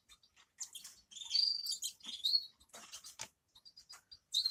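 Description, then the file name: Grass parakeet calls: soft, high chirps and short warbled phrases, loudest in the first half, then thinner scattered notes with a final bright chirp. "travyanye popugaiciki"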